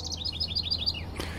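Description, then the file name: Bullock's oriole: a fast series of several high chirps, then a brief soft noise at the end. June 2016. "Bullocks Oriole Sawhill Ponds"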